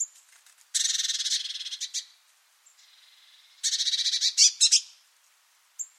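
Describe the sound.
Bird uttering long rattles of rapid buzzy pulses, two drawn-out bursts separated by a quiet stretch, with brief high notes at the edges.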